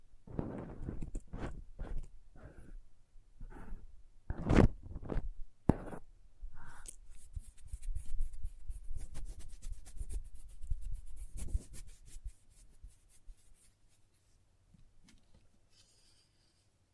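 Crayons tap and scrape in irregular bursts, with sharp clicks near five and six seconds, then a denser scratchy rubbing that thins out toward the end.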